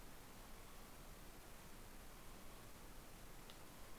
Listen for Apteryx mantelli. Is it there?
no